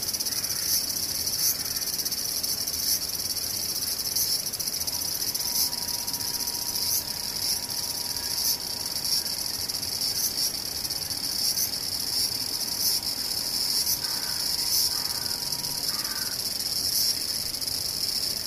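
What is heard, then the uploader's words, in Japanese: Cicadas and other insects buzz in a dense, unbroken high-pitched drone for the whole clip, with faint regular pulses running through it. From about five seconds to sixteen seconds, a thin, steady mid-pitched whine sits beneath the chorus. セミムシ。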